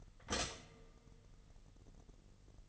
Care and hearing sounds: daily activity, microphone in the room; stop toaster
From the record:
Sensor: 4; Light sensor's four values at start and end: 24/85/31/33 and 24/85/31/33

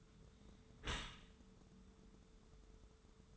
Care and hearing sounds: daily activity, microphone in the room; close dishwasher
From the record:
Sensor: 3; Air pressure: 1015.0 hPa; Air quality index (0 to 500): 36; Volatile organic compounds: 1 ppm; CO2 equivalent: 569 ppm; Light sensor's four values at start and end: 11/26/11/11 and 11/26/11/11

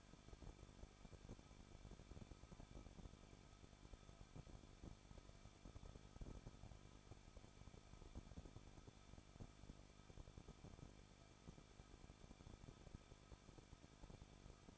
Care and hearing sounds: daily activity, microphone in the room; no activity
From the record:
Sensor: 5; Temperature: 20.7 degrees Celsius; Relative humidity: 38.6%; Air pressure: 1006.5 hPa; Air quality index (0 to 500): 191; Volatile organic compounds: 20 ppm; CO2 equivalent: 2701 ppm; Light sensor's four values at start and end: 2/3/1/1 and 2/3/1/1

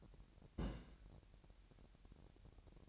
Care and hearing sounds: daily activity, microphone in the room; place on stove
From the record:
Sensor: 2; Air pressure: 1011.9 hPa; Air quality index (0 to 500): 197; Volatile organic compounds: 3 ppm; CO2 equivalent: 1394 ppm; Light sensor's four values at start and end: 75/178/73/71 and 75/178/73/71

